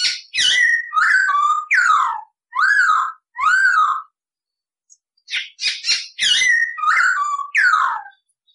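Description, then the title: Masked laughingthrush giving loud swooping whistled notes in quick succession, a short silence, then a similar run of whistles. Cage bird singing actively; recording used to train cage birds. "SUARA BURUNG POKSAY HONGKONG GACOR"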